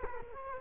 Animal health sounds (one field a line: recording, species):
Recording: mosquito wingbeat signal from an infrared sensor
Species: Culex quinquefasciatus